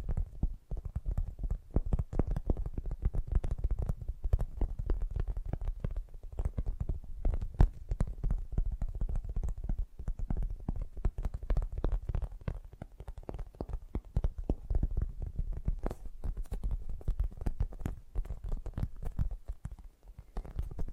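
Fast, gentle tapping runs continuously for the whole stretch, dense soft low knocks with brief quieter dips near the end.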